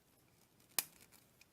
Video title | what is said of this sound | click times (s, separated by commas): Lost Planet Mechanic Studios MS 02 Engineer aka Transformers G1 Autobot Huffer Action Figure Revi | heard that click that means it's it's right then | 0.8 s